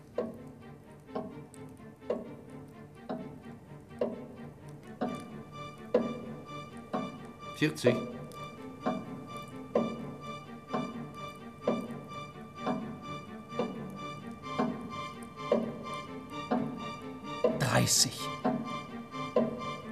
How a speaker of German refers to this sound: Das Pendel der großen schwarzen Uhr schwang regelmäßig hin und her. 8.44 Uhr. Noch 1 Minute. Jeder der Anwesenden konnte das Ticken im Sekundentakt hören und mitzählen.